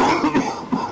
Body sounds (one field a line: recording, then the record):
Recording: coughing mixed with background sound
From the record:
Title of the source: Coughing 77